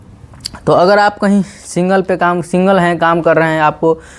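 A tape measure's lock switch is pushed up to release the locked steel blade, which retracts into the housing and strikes with a sharp click at 0.5 s. After that, someone talks for the rest of the clip.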